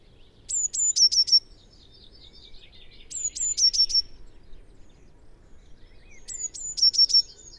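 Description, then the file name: Eurasian blue tit song: three phrases of high thin notes sliding down into a rapid trill, about three seconds apart. "Cyanistes caeruleus"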